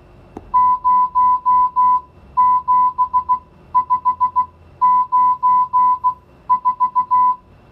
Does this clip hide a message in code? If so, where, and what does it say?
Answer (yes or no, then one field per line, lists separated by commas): yes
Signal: Morse code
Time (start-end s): 0.5-7.3 s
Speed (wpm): 16 wpm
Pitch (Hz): 1000 Hz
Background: music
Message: 07594